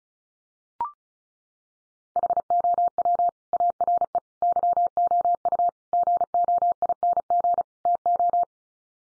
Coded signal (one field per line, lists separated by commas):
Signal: Morse code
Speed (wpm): 34 wpm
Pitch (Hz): 700 Hz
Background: none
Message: HOW ARE YOU GOING TO